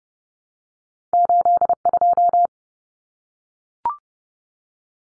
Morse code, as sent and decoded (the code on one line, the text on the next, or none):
---.. ..---
82